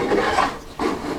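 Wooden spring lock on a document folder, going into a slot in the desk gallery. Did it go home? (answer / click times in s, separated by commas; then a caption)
no / none. A document folder with a wooden spring lock is slid back into its slot in the gallery of a Penn Chippendale slant front desk, producing steady wooden rubbing and rasping that fades briefly around 0.6–0.7 s. A louder burst of sliding friction returns at 0.8 s and continues to the end. Nothing has seated or clicked yet.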